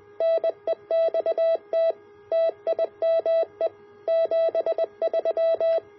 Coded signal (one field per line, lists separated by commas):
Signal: Morse code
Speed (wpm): 20 wpm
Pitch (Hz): 660 Hz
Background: none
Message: NEXT TIME 73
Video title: A Complete Homebrew QRP, CW HF Station